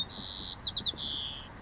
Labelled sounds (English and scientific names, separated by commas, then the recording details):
White-crowned Sparrow (Zonotrichia leucophrys)
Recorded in Sonoma County, California